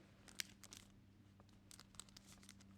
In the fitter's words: that was it clicking into place